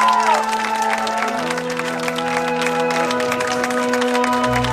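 A concert crowd in Warsaw claps steadily for several seconds as a tour manager comes on stage for the first time, the dense patter of many hands joined by scattered cheers and whoops, staying fairly loud and even throughout.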